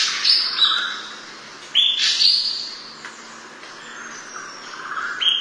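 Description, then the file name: Green oriole song: several fluty whistled phrases with swooping, slurred notes, given at irregular intervals, with a faint steady hum underneath. "Canto do pirolle verde"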